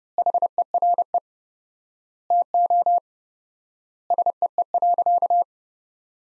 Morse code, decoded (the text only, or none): HERE TO SEE.